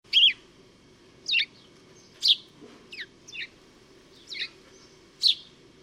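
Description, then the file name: House sparrow giving single loud, spaced chirps, several in all, with a soft low hum behind. "Passer domesticus"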